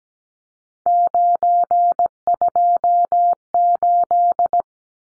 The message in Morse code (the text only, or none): 928